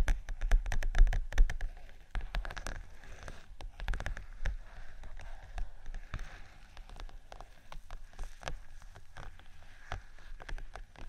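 Fingers tap and scratch on vinyl, a dense run of quick, irregular clicks and scrapes with a rain-like patter. The first two seconds are busiest, with sharp low thumps, then the tapping thins into lighter, steadier scratching with occasional louder taps.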